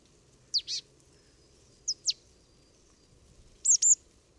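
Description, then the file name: Marsh tit calling with quick high, sharp double notes, three clusters within a few seconds, faint low rumble beneath. "Poecile palustris"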